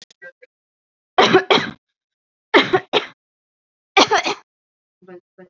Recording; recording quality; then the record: shallow voluntary cough; excellent, no background noise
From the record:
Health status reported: healthy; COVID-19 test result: not tested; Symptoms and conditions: none ticked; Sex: female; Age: 31 years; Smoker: not ticked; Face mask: worn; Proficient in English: yes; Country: India